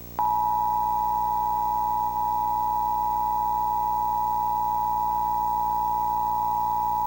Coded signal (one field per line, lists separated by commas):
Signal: Emergency Alert System (SAME) tones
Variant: 853 and 960 Hz attention tone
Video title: Comcast Emergency Alert System - Maryland Required Monthly Test (July 27, 2022)